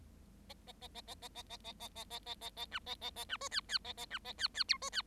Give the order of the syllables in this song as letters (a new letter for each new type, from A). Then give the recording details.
A A A A A A A A A A A A A A A B A A A B C D D A A B A D D E C D. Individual Bird7